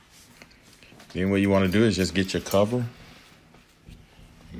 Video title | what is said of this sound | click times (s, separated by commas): How To Replace The Batteries In Your Digital TurboLock YL-99 | I'm gonna take this negative point right here and I'm gonna push it on the spring and it pops right in there | 0.4 s